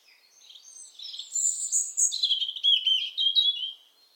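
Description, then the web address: European robin song: a thin, high warbled phrase that starts faintly, then swells into bright, sliding notes and a quick twittering run before fading out. "SETE data Erithacus rubecula"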